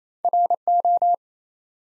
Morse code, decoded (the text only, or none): RO